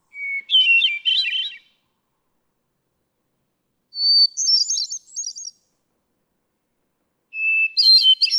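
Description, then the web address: Hermit thrush singing three separate phrases a few seconds apart, each a clear held whistle followed by a rippling, echoing cascade, the middle phrase pitched highest. "birdsongforthecurious Hermit Thrush"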